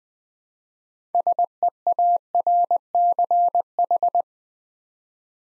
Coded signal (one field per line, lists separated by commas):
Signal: Morse code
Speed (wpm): 20 wpm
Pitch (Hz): 700 Hz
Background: none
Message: SEARCH